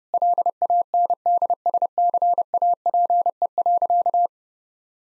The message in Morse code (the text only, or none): LANDSCAPE.